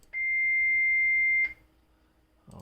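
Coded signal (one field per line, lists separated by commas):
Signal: roger beep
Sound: one long steady high beep lasting over a second, ending in a click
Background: faint low hum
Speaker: I wait too long you can be really quick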